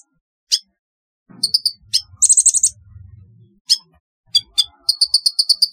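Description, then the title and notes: Sunbird calls: scattered high sharp chirps, a brief buzzy rattling burst, then a fast run of evenly spaced high notes, with faint low rumbling beneath. "Kicau Burung Kolibri"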